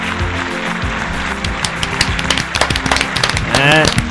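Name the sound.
applause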